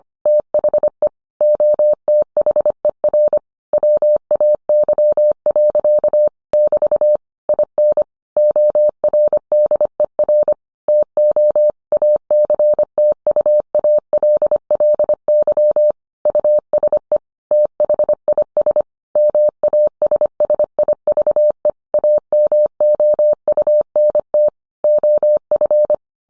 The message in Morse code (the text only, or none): THE OTHER WAY. <BT> IN ORDER TO ACTUALLY USE THIS MASSIVE AMOUNT OF